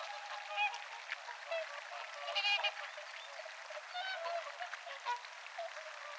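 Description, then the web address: Whooper swans honking in a group, with a brief burst of brighter, ringing calls near the middle over continuous background chatter. Several whooper swans filtering food from the water with their bills, 18 October 2024. "paivat 18 10 2024 laulujoutsenet suodattavat vedesta jotain ruokaa nokallaan"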